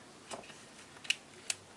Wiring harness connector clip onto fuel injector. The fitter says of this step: the side here I should just snap into place on